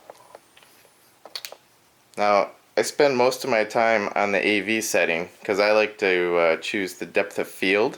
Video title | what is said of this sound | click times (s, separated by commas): I go over the general features of a new Pentax K50 DSLR | twist it back into place until it clicks | 1.4 s